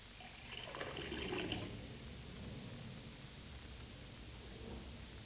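Tap water splashes into a glass for about a second and a half, a bright, bubbling pour with a rising ring, then trails off into a steady soft hiss.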